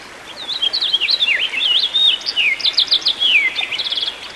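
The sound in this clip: Songbird song: brisk high warbling with looping whistled slurs and short buzzy trills, one continuous phrase.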